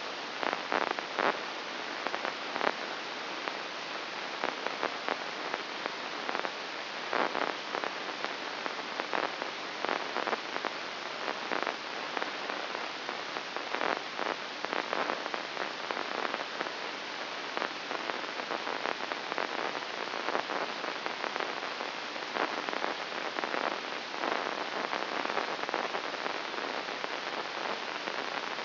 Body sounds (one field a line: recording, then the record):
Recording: brain microelectrode recording played as sound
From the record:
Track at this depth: inside the subthalamic nucleus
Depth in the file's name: 2.205 mm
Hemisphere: right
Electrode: 3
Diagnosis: Parkinson's disease